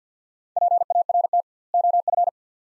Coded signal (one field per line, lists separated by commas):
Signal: Morse code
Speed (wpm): 50 wpm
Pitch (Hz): 700 Hz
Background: none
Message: PART OF